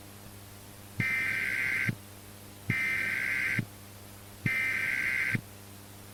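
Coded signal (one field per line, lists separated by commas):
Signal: Emergency Alert System (SAME) tones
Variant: header bursts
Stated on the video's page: Fictional EAS scenario, analog horror.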